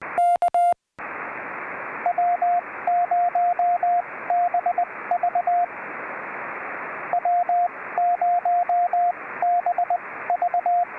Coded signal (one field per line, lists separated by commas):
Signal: Morse code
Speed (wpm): 20 wpm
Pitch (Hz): 700 Hz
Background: radio noise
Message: K W0BV W0BV